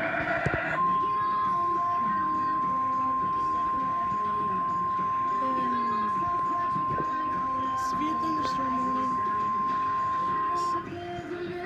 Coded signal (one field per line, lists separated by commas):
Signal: Emergency Alert System (SAME) tones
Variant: 1050 Hz attention tone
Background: speech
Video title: Severe Thunderstorm Warning EAS #75